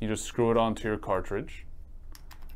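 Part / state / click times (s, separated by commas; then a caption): oil cartridge with magnetic adapter into vaporizer battery unit / not seated / none. Someone talks while a metal magnetic adapter is screwed onto a prefilled 510-thread CBD oil cartridge, which is about to be dropped into a HoneyStick concealed vaporizer body. After the talk, a few faint, light ticks of handling are heard near 2.2, 2.3 and 2.5 seconds. The cartridge has not yet clicked or seated into the vaporizer.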